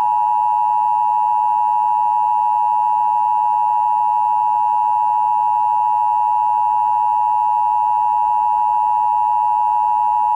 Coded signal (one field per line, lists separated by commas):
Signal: Emergency Alert System (SAME) tones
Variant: 853 and 960 Hz attention tone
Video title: Emergency Broadcast System 1978-79 *Reuploaded*